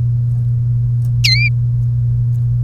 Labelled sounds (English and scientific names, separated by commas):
Domestic Canary (Serinus canaria) song